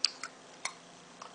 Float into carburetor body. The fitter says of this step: push it all the way down until it snaps